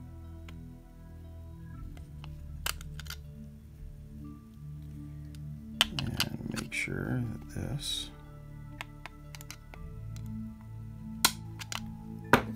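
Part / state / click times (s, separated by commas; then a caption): drive joint into RC car gearbox / seated / 11.2 s. A plastic drive joint is pressed with pliers into the groove of an RC car gearbox, with someone talking and music playing in the background. Scattered small clicks and handling noises lead to a sharp snap at 11.2 s as the joint seats in place, locking it into the gearbox.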